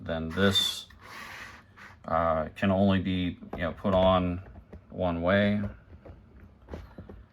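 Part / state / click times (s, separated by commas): filter housing section onto connector ring of the filtration unit / not seated / none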